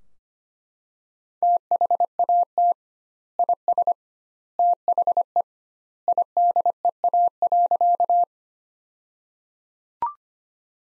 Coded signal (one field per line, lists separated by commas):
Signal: Morse code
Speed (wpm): 25 wpm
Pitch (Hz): 700 Hz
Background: none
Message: THAT IS THE IDEA.